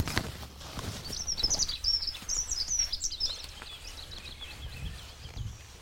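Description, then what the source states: Dunnock song: a quick, high, jingling warble over low rumble and background noise. Heard next to the speakers during an early-morning bird walk in the Amsterdamse Waterleidingduinen, Netherlands.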